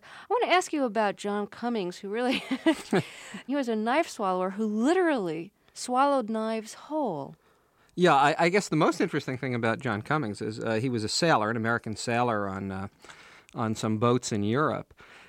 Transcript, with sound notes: I want to ask you about John Cummings, who really (laughter) - he was a knife swallower who literally swallowed knives whole.
Yeah. I guess the most interesting thing about John Cummings is he was a sailor - an American sailor - on some boats in Europe.